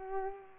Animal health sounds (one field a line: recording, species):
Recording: mosquito wingbeat signal from an infrared sensor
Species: Culex pipiens